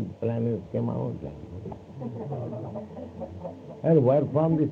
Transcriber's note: laughter